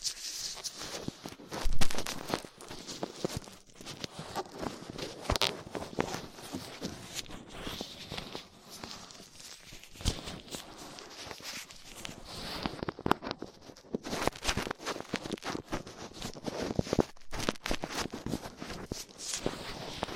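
Ear cleaning with latex gloves, a dental pick and cotton swabs: a dense, continuous run of crackly scratching and rubbing with rapid, irregular clicks. Louder bursts stand out near two seconds and again around seventeen, with a brief quieter lull near thirteen.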